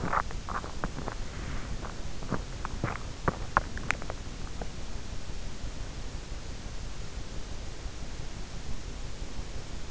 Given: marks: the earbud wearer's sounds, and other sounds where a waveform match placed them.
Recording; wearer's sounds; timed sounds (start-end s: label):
sounds in sleep by an in-ear microphone; swallowing
0.00-4.72 s: swallowing